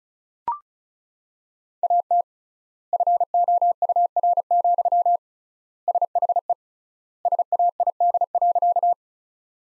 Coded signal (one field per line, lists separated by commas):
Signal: Morse code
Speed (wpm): 34 wpm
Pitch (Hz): 700 Hz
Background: none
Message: AT FOUR, SHE SAID.